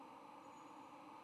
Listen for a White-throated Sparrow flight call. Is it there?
no